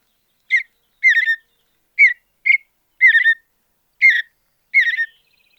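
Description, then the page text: Mountain bluebird giving short burry warbled notes near one pitch, delivered in a series at uneven gaps of about half a second to a second, with a faint thin whistle at the end. "Andrew Spencer - Голубая сиалия (Sialia currucoides)"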